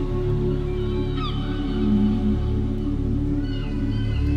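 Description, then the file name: Beluga whale chirps, two bursts of quick upswept squeaky whistles about two seconds apart, above a constant low humming drone. "Ballena beluga Whales"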